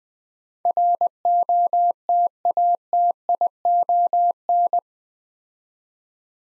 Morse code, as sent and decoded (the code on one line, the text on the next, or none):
.-. --- - .- - .. --- -.
ROTATION